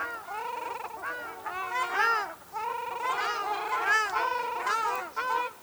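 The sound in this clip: Ruddy shelduck honking, a dense run of loud nasal goose-like honks in quick series, several birds calling over one another almost without pause.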